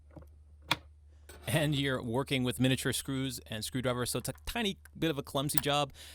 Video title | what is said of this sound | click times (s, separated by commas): New M1/M2 Mac Mini SSD Stand & Hub by Satechi - One of the BEST Peripherals Yet! | push it until it clicks | 0.7 s